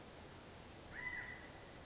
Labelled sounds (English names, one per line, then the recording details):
California Quail
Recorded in Sonoma County, California